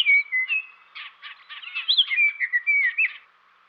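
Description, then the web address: Scott's oriole song, a continuous run of clear, whistled, slurred notes mixed with a few harsher chattering notes, ending abruptly after about three seconds. Western North America. "Dan Gibson Wildlife Identification By Sound, Western North America. Scott's Oriole"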